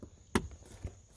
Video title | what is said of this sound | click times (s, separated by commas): 2020 Ford F250 OEM Rubber Floor Mat Installation | So it snaps right in. | 0.4 s